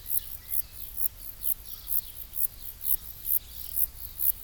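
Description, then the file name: Zeuneriana abbreviata singing a regular series of brief, sharp, very high buzzy pulses about twice per second, over a low background rumble. Recorded at Ordizan on 24 June 2016, air temperature 26 °C. "Zeuneriana-abbreviata Ordizan 20160624 26 °"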